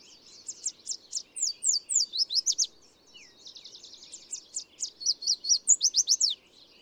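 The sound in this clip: Bird song: high slurred notes, a brief pause, a fast buzzy trill, then loud sharp notes at the end.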